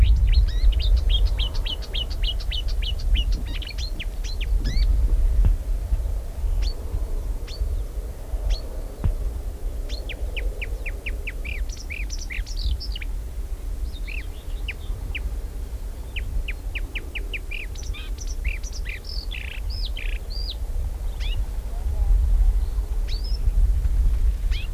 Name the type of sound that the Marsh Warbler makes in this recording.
song